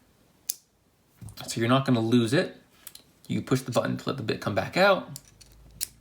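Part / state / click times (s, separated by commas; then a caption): screwdriver bit into multitool bit holder / seated / 5.8 s. A screwdriver bit is pushed back into the bit holder of a Leatherman Skeletool multitool after the release button is pressed to take it out, while someone talks. It seats with a sharp click at 5.8 s, locking back into place.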